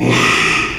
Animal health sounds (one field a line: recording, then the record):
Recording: squeal of a Yucatan mini pig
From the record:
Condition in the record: after surgery on the right vocal fold (resection and tissue-engineered implant)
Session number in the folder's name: 1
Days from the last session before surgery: 6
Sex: male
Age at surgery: 12 weeks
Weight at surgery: 13 kg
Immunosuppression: cyclosporine, prednisolone